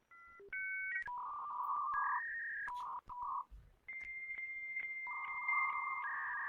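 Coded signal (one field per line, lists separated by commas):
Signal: dial-up modem handshake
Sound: brief dialing tones, then warbling paired tones around 1 and 2 kHz alternating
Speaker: I don't need the dial part. This part here. It's going on a little longer than I planned.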